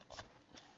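A plastic spool adapter half is handled against its mating half on a filament spool after being realigned, giving short scraping, knocking bursts around 0.1–0.2 s and a fainter one near 0.55 s. The halves have not been pushed home yet, and nothing has seated or clicked.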